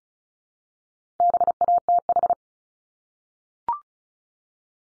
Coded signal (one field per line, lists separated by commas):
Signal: Morse code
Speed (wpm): 36 wpm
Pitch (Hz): 700 Hz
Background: none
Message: BATH